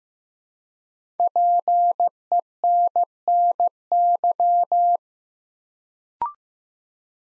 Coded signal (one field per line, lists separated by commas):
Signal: Morse code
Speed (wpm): 15 wpm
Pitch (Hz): 700 Hz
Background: none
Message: PENNY